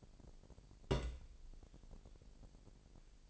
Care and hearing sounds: daily activity, microphone in the room; place on stove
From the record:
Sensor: 5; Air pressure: 1002.1 hPa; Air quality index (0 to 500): 248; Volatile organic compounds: 9 ppm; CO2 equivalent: 2135 ppm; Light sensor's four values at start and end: 22/49/21/23 and 22/48/21/23

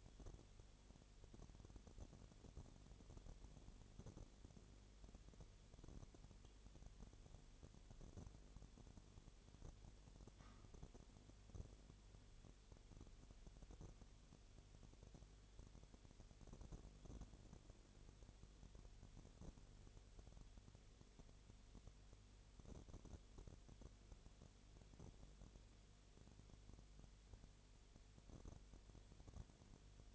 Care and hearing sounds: daily activity, microphone in the room; no activity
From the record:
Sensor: 4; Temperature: 22.7 degrees Celsius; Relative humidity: 32.0%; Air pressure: 1008.1 hPa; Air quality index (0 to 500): 114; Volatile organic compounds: 2 ppm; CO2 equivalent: 1104 ppm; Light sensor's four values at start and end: 2/3/1/1 and 2/3/1/1

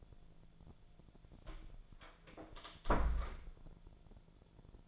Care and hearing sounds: daily activity, microphone in the room; close door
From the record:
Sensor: 5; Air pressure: 1000.6 hPa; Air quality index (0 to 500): 156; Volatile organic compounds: 2 ppm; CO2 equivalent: 1201 ppm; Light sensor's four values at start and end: 48/112/46/50 and 48/112/47/50

